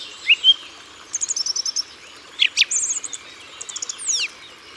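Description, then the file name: Song thrush song: short whistles and quick runs of repeated notes, with high descending notes near the end. Ardèche, France. "Grive-Musicienne-Concerts-Naturels-De-l Ardeche"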